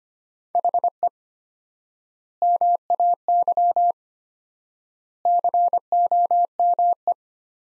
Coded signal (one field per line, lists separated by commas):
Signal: Morse code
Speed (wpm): 25 wpm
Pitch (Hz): 700 Hz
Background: none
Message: HE MAY COME